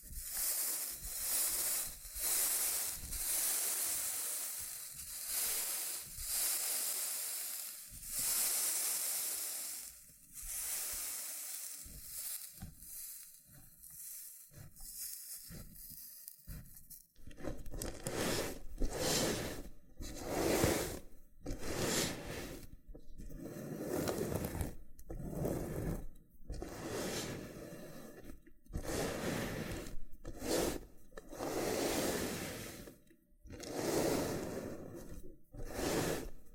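Loofah sounds of rough scraping and rubbing, made of quick repeated strokes with short gaps between them. For the first stretch the strokes are bright and hissy. From about seventeen seconds they turn fuller and lower, with dense crackly popping and peeling textures running to the end.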